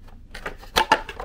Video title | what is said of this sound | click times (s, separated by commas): Kid Odyssey Bubble Machine Unboxing And Test | you just slide that back on until it clicks into place | 0.8 s, 0.9 s